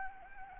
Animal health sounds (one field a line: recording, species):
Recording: mosquito wingbeat signal from an infrared sensor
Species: Anopheles gambiae